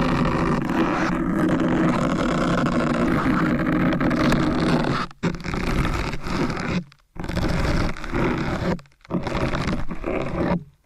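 Dense, scratchy rubbing of kinetic sand or ear-cleaning tools runs steadily for five seconds, then breaks into bursts separated by brief silences.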